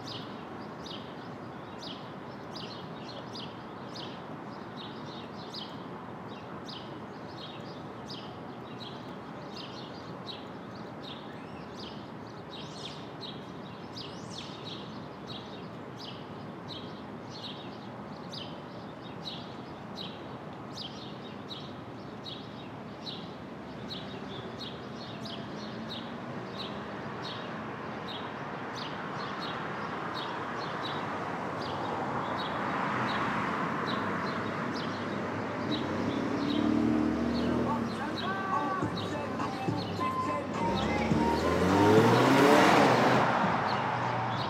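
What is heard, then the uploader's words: Brooklyn at dawn: a steady low hum of city traffic runs throughout, with a bird chirping in rapid, regular bursts for most of the clip. From about thirty seconds a vehicle approaches and passes loudly, peaking near forty-two seconds before easing off. Street Traffic.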